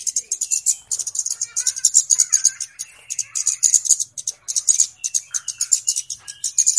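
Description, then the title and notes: Flowerpecker song: fast, very high ticking chips in steady pulses, with faint lower warbled notes beneath. Clear song used as a lure for trapping birds; Indonesian names cabe-cabean or kemade. "Kicau Burung Kemade ( Cabe Cabean) Jernih. Suara Burung Cabe Cabean Pikat"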